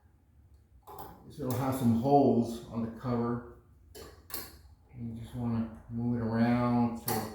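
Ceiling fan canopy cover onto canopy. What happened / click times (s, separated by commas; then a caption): The cover is being turned into position and has not seated yet / none. Someone talks while turning the plastic or metal canopy cover of a Hampton Bay 52 in. LED indoor ceiling fan on its canopy, moving it around so the holes in the cover find the mounting points. Brief handling knocks are heard at about 4.0 s and 4.3 s between the speech. The cover has not snapped into place yet, and nothing has seated or clicked.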